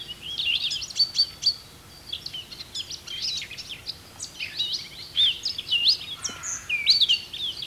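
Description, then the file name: Eurasian blackcap warbling song, a rapid run of varied high chirps and clear whistled notes in bursts, with brief pauses between phrases. "Sylvia atricapilla"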